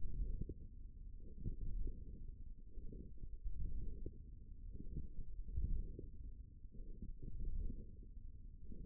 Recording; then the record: forearm muscle sounds (acoustic myography)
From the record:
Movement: hand closing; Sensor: system 1, eight BSWA MPA416 microphones around the upper forearm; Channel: 7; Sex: female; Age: 21 years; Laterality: right